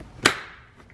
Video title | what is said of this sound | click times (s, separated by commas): 2013-2020 Ford Fusion - How to Install the Door Panel | press it back cut locks into place and that's how you put your | 0.3 s